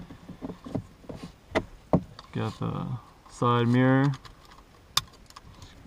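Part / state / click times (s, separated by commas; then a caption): side mirror wiring connector into master power window switch / seated / 5.0 s. The side mirror electrical connector on a Honda is pushed back into the new master power window switch. Light plastic taps and handling sounds come first, then someone talks, and a sharp click at 5.0 s marks the connector seating.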